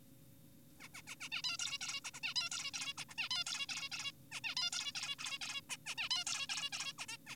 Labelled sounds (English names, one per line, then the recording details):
Zebra Finch
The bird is an adult
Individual g4p5U